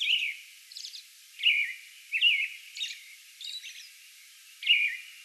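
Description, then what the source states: American robin singing a slow series of rich, slurred caroling phrases separated by pauses, with a few fainter high squeaky notes between them. Song bout on May 11.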